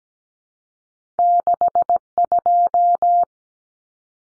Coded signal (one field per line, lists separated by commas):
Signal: Morse code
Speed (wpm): 17 wpm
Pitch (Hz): 700 Hz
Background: none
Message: 62